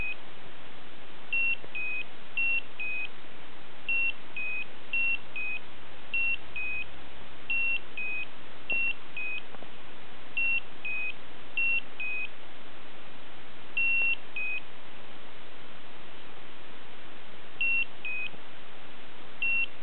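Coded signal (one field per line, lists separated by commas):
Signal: beep code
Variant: Slendertone abs toning belt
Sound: repeating two-note electronic beep-bep, high then slightly lower, every second or two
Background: quiet room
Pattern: 2 short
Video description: Slendertone Mens Abs is annoying: the beep-bep sound doesn't have any logic or sense. It keeps going. It's not warning, no alert.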